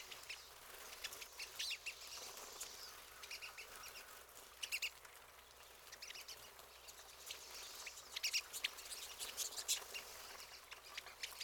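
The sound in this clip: Pine siskin twittering continuously, thin high chips and notes throughout.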